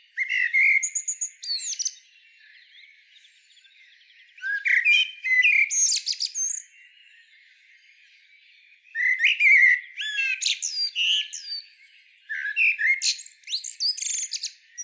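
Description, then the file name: Common Blackbird song: low fluty warbled phrases ending in high squeaky twitters, delivered in bursts about every four seconds with short pauses between. "Turdus merula"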